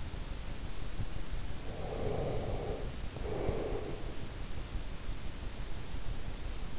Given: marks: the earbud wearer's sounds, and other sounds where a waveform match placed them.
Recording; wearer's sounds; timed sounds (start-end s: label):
sounds in sleep by an in-ear microphone; breath
1.59-4.25 s: breath